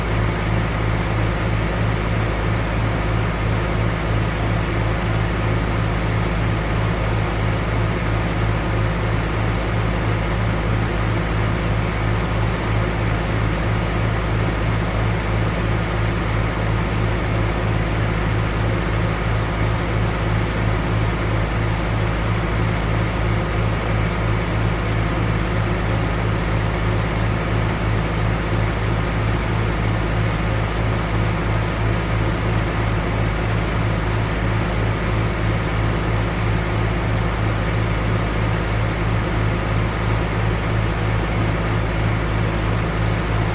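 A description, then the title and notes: A dehumidifier fan runs with a low, steady hum that holds unchanged for the whole recording. The drone is dense, with a strong deep tone and fainter steady whine above it, and no separate events or other sounds. A dehumidifier fan typically produces a distinct and consistent sound that can be described as a low, steady hum or drone. It is a continuous, low-frequency noise that can be heard throughout the operation of the dehumidifier.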